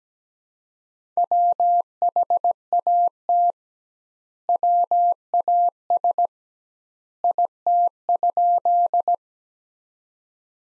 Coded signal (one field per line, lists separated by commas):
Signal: Morse code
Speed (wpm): 17 wpm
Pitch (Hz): 700 Hz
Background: none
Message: WHAT WAS IT?